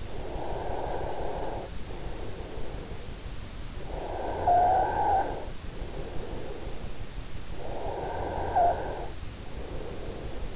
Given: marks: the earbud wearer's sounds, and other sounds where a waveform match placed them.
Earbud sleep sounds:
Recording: sounds in sleep by an in-ear microphone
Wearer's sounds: breath, snoring breath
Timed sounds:
0.00-3.56 s: breath
3.56-6.89 s: snoring breath
7.56-10.55 s: snoring breath

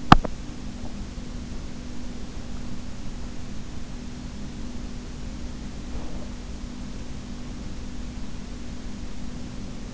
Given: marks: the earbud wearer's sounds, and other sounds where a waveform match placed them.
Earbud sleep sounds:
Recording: sounds in sleep by an in-ear microphone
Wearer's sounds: teeth grinding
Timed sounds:
0.00-0.40 s: teeth grinding

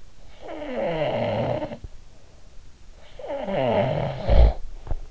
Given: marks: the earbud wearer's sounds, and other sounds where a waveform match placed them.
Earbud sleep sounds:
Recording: sounds in sleep by an in-ear microphone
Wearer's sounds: snoring breath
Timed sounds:
0.10-2.31 s: snoring breath
2.93-4.72 s: snoring breath

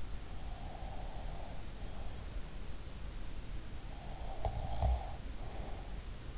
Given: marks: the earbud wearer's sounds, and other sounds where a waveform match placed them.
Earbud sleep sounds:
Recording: sounds in sleep by an in-ear microphone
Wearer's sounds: breath, snoring breath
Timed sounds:
0.14-2.78 s: breath
3.74-6.38 s: snoring breath

